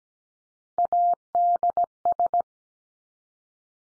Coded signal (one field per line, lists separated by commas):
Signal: Morse code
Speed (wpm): 17 wpm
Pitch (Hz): 700 Hz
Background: none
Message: ADS